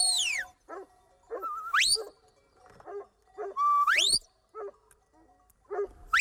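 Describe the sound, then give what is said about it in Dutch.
A shepherd's piercing whistle signals, sliding down and swooping up in pitch, repeated several times with short, lower barking yelps scattered between the calls. “De schapen lopen door de fluitsignalen nu de goede kant op.”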